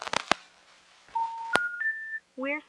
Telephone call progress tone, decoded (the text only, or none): special information tone